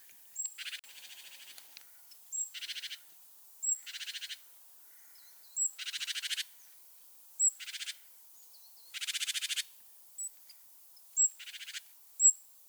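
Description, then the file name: Great tit harsh churring call: dry, buzzy rasps repeated roughly every one to two seconds, each preceded by a thin high note. "Parus major"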